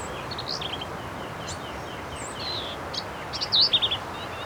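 Black-capped vireo song: a jumble of quick high chips and a loud harsh burst near the end, several varied notes over background hiss.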